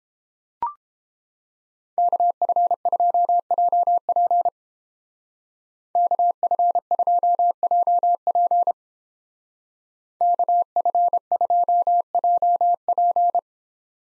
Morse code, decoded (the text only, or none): KF2JP KF2JP KF2JP